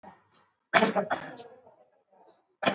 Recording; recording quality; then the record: shallow voluntary cough; moderate, slight background noise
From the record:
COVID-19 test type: RT-PCR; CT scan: not taken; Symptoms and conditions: cough, cold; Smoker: no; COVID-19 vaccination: both doses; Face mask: worn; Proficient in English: yes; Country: India